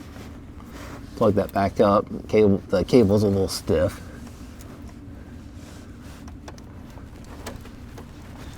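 Someone talks while handling the plastic male and female connectors of a remote start harness under the dash of a Toyota Tacoma, working to plug the harness into the vehicle wiring connector, and the stiff cable makes it take a few tries. Faint handling taps and knocks follow over quiet background noise. Nothing has seated or clicked yet.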